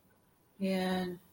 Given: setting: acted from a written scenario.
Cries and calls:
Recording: vocal sound without words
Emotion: anger

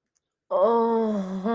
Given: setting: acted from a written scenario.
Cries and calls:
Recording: vocal sound without words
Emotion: ecstasy

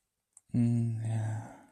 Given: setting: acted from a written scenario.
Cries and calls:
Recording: vocal sound without words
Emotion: serenity

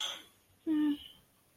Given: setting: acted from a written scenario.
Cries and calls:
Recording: vocal sound without words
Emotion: neutral

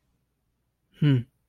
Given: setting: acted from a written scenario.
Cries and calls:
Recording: vocal sound without words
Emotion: neutral

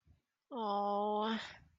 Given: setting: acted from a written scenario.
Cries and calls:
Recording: vocal sound without words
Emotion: sympathy

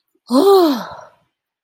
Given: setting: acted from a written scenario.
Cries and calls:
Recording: vocal sound without words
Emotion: distress

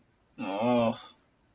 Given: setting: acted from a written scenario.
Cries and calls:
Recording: vocal sound without words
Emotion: sadness

